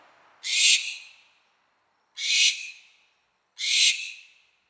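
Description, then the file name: American barn owl screeching: three rasping, breathy bursts, each fading off at the end, with short pauses between them. "American Barn Owl Tyto furcata"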